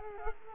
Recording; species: mosquito wingbeat signal from an infrared sensor; Culex quinquefasciatus